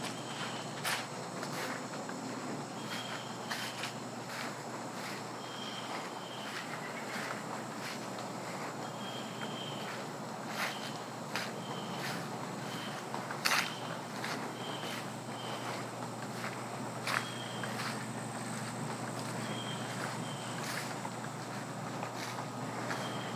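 An evening walk through lively woods beside a bubbling stream, with a steady rushing wash running through the whole clip. Sharp cracks and snaps of footsteps or twigs come every couple of seconds, and short, high bird chirps repeat throughout.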